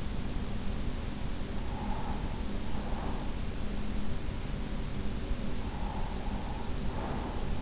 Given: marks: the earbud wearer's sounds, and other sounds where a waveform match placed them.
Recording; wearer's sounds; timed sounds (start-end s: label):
sounds in sleep by an in-ear microphone; breath
1.34-3.97 s: breath
5.66-7.62 s: breath